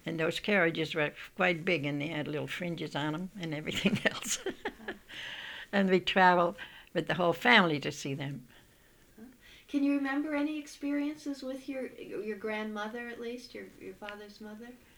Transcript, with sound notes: And those carriages were quite big, and they had little fringes on them and everything else. ( she laughs ) And we'd travel with the whole family to see them.
Can you remember any experiences with your grandmother, at least, your father's mother?